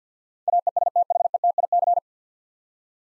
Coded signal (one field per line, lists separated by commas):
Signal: Morse code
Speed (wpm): 50 wpm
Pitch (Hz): 700 Hz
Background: none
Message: AESTHETIC